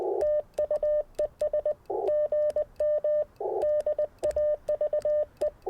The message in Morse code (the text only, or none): TU ES GM DAVE